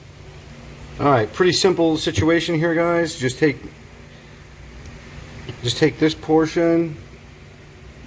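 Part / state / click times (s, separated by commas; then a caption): plastic rod clip into door latch hole / not seated / none. A plastic rod retaining clip is handled next to a hole in the door latch assembly of a Foxbody Mustang door, but it has not gone in and nothing has clicked yet. Someone talks in two bursts over a quiet, steady background hum.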